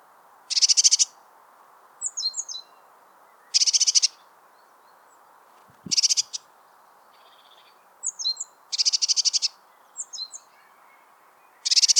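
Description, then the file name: Eurasian blue tit churrs, harsh rapid rattles about every three seconds, mixed with softer shorter rattles and thin high falling notes. "Cyanistes caeruleus"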